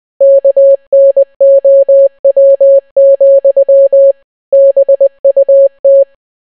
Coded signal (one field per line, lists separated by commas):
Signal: Morse code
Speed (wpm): 20 wpm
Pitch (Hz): 550 Hz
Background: none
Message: KNOW, BUT